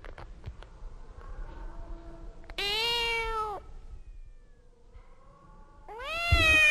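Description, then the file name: Cat meowing: two long, clear, drawn-out meows separated by about two seconds, the second cut off at the end, with faint tapping and low background rumble. "Katten Mjaaaau"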